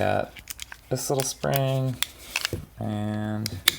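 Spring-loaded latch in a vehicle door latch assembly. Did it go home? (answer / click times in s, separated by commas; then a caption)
no / none. A small spring is handled while rebuilding the spring-loaded metal latch mechanism of a Jeep TJ Wrangler door latch assembly, with faint light handling sounds between bursts of someone talking. Nothing has seated or clicked yet; the latch is not yet home when the clip ends.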